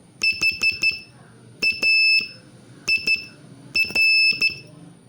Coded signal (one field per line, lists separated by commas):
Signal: Morse code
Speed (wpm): 12 wpm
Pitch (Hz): 2650 Hz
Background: none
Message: HAIR